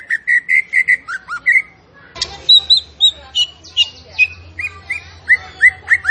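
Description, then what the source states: Zebra finch singing a fast run of bright whistled chirps, a short pause, then a dense stream of varied chattering notes and upslurs. Masteran recording for training songbirds, featuring a gacor, actively singing, tembakan bird.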